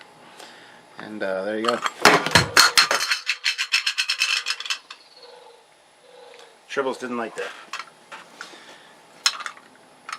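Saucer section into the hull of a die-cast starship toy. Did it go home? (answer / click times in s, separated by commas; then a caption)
yes / 9.3 s. Someone talks while refitting the separable saucer section onto the hull of a die-cast metal starship toy after it had come loose, with a run of rapid, sharp rattling taps between about 2.0 and 4.7 s. A sharp click at 9.3 s marks the saucer section locking into place.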